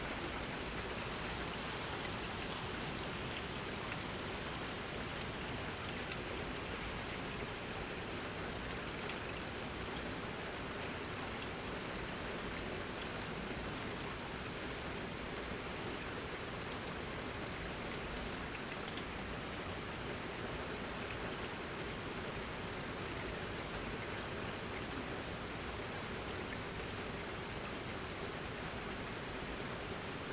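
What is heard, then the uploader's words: Steady rain during a thunderstorm, heard through a slightly open window. The downpour is a dense, even hiss that holds at the same level for the whole half minute, with a soft low rumble of water underneath and no distinct single drops standing out. Suburban Soundscape 006: Thunderstorm. I wasn't able to set the recorder up outside, so this is just through a cracked window. Recorder: Zoom H6 Mic: XYH-6 X/Y Capsule 120 Degrees Gain Setting: 5 Processing: Normalized gain. High pass at 80Hz (wind noise).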